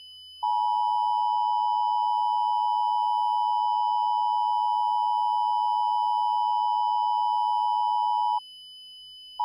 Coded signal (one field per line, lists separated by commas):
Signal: Emergency Alert System (SAME) tones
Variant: 853 and 960 Hz attention tone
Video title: EAS Mock: The Ultimate Tennesee Mockery